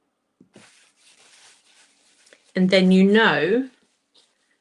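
A plastic dispensing nozzle is pressed down onto the neck of an ink re-inker bottle against a desk with some force, with quiet rustling and handling sounds before a short click at 2.3 s. The click comes as the nozzle passes two ridges and settles on the upper rim, seating it in place. Someone then talks.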